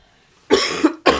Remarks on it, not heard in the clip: I've been sick all week into last weekend, and I'm on the back side of it, but I'm still coughing.